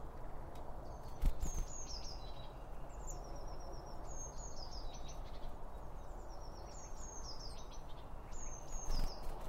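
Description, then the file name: Birds giving high, sharp chirps and short descending whistled notes in repeated bursts, over a steady deep rumble. Birds recorded around a bird feeding spot using two Line Audio OM1 microphones. "Birds Around Birdfeeding With Two Om 1 From Line Audio"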